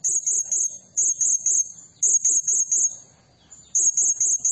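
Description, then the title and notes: Blue-crowned hanging parrot song: fast chains of high-pitched notes in four runs separated by short pauses. Serindit lure and training recording used to tutor and attract other birds; energetic 'gacor' singing in the 'nembak' style. "Burung Serindit Nembak Gacor Bikin Emosi Semua Burung. Suara Nasteran Dan Pemikat Burung Serinditan Gacor"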